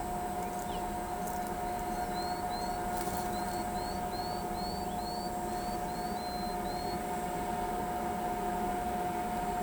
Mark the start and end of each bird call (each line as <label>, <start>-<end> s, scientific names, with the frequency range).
Euphonia trinitatis (3.6-4.7 kHz), 1.67-6.95 s